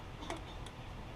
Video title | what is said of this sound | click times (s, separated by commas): Craftsman gold series 6.75 briggs hondaesk motor with plastic carb, service, and blade problem | so they snap into place you feel him snap and there's no space down inside of this section there okay | 0.3 s, 0.7 s